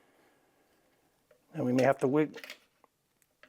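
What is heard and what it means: A recoil spring guide assembly is pulled forward, dropped into its notches in the receiver, and wiggled back until it locks into place. Someone talks, followed by a few faint ticks, and the assembly clicks home at 3.4 s.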